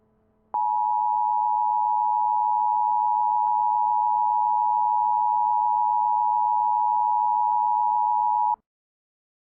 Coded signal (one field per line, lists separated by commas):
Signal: Emergency Alert System (SAME) tones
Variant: 853 and 960 Hz attention tone